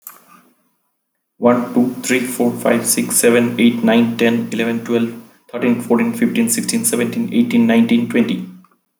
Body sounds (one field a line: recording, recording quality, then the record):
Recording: counting at a fast pace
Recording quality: excellent, no background noise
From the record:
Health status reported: respiratory illness, not identified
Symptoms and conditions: hypertension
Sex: male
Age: 40 years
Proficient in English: yes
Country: India